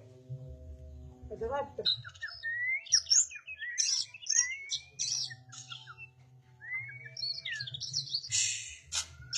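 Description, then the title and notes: Oriental magpie-robin song with clear rising and falling whistles and sharp chips. "suara kacer. kumpulan suara burung kacer"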